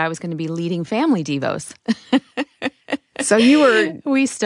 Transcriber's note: laughter